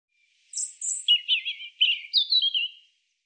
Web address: Deverinetal 2025 Bird Er Ru Er Ru